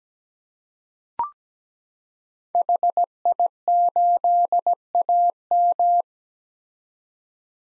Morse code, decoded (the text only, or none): HI8AM